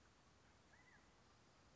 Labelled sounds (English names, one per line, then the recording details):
California Quail
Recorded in Sonoma County, California